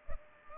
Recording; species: mosquito wingbeat signal from an infrared sensor; Culex pipiens